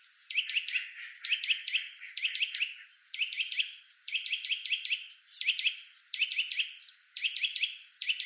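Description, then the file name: Eurasian nuthatch giving clustered calls: short bursts of a few quick, bright notes separated by brief pauses, repeated many times. "Sitta europaea"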